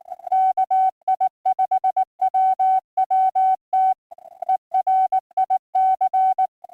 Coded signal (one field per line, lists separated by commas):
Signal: Morse code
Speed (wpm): 18 wpm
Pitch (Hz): 750 Hz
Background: music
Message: KI5WWT ERIC